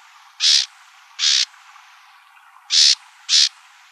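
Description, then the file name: Bewick's wren giving harsh, buzzy scold notes, four short rasping bursts in two pairs, with a quiet gap between the pairs. Calls recorded in Arizona on 24 March 2002. "BEWR CALLS 1 deviche"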